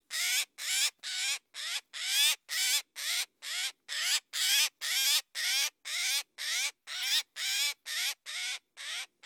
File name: Garrulus glandarius